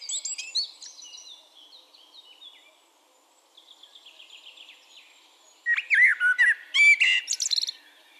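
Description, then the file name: Common blackbird song: the end of one phrase, several quieter seconds with faint thin song, then a loud warbled phrase of fluty notes ending in high squeaky twitters. "Turdus merula"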